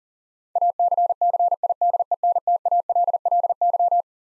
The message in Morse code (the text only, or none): ACCIDENTALLY